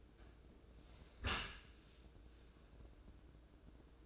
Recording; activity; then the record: daily activity, microphone in the room; close dishwasher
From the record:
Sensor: 2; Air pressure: 1012.2 hPa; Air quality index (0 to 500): 146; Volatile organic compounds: 2 ppm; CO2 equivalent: 1074 ppm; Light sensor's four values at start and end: 274/672/272/273 and 274/672/271/273